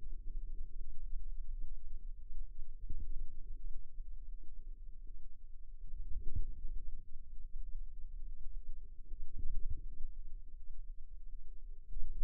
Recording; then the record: forearm muscle sounds (acoustic myography)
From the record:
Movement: radial deviation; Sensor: system 2, bracelet of six BSWA MPA416 microphones around the upper forearm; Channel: 6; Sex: female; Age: 23 years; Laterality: right